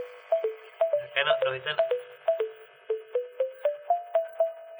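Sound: mobile phone ringing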